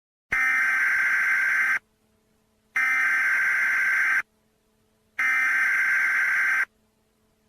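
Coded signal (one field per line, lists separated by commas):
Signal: Emergency Alert System (SAME) tones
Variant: header bursts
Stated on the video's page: Fictional EAS scenario with simulated SAME alert tones; may include disturbing sounds.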